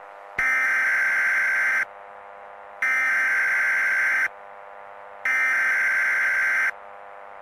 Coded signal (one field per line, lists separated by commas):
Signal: Emergency Alert System (SAME) tones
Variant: header bursts